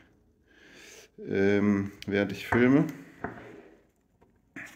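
On a Mitsubishi Pajero V80, the timing chain tensioner plunger is pushed together by hand until the small hook on its bolt engages and holds it retracted, so it no longer extends. Someone talks over faint handling noise, with one short sharp tap near 3.3 s. The part is handled but not yet home; nothing has seated or clicked yet.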